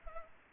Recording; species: mosquito wingbeat signal from an infrared sensor; Culex pipiens